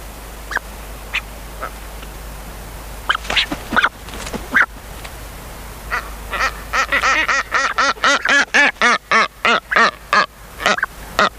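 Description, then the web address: Brown booby calling with scattered harsh honks, then a fast, steady run of loud quacking calls to the end. "sikioto. katsuodori"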